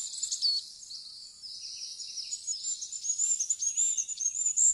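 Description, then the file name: Goldcrest singing very high, thin, rapidly pulsing notes, with a twittering flourish early on, then repeated high-pitched phrases continuing to the end. "fuglekonge"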